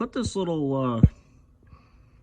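Someone talks while handling the small electrical plug for the fuel heater's hot lead, about to push it onto a Duramax diesel fuel filter head during a fuel filter head rebuild. A brief low thump at about 1.0 s ends the speech, followed by near silence with faint soft ticks. Nothing has seated or clicked yet.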